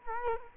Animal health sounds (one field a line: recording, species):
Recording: mosquito wingbeat signal from an infrared sensor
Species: Culex quinquefasciatus